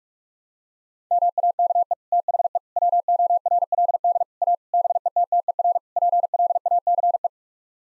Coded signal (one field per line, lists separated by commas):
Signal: Morse code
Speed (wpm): 42 wpm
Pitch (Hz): 700 Hz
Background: none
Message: MAKE THE WORLD A BETTER PLACE